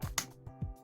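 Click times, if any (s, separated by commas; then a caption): 0.2 s. A Joy-Con style controller half slides into the plastic rail of a wireless pro-controller grip shell, with soft low thuds around it and a sharp click at 0.18 s. The half goes straight in, seats and connects, giving the clean click that means a proper fit rather than a cracking sound.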